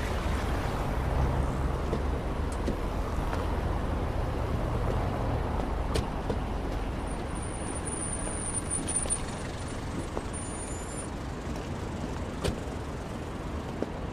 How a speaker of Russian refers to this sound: Уже поздний вечер. Подъезжает дорогой автомобиль. Открывает двери.